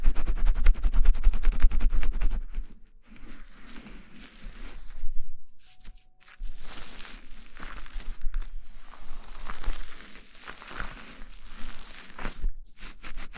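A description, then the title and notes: Hair being washed with shampoo, fingers scratching quickly at the scalp. Dense, rapid crackling scrubs come in bursts, strongest and fastest in the first two seconds, then continue in uneven waves with brief pauses around three and six seconds. Shampoo wash hair 头部按摩 泡沫触发音 轻语 快速抓头皮.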